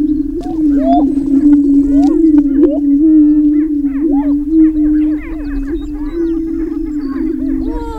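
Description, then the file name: Greater prairie chickens boom in a low, unbroken resonant drone while rapid chattering cackles and short whoops pile up over it. Greater prairie chickens booming, recorded 6 May 2005. "2005-05-06 Greater Prairie Chicken Booming"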